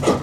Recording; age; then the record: pig call; growing-finishing pig (85 days or more)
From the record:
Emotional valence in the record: positive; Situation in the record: run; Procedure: transit